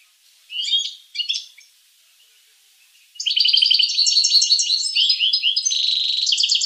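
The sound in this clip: Finch song: two short chirped notes, a pause, then a long, fast stream of buzzy trilled phrases.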